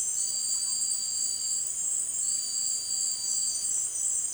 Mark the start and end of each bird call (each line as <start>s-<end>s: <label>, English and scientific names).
0.10s-0.84s: Russet-backed Oropendola (Psarocolius angustifrons)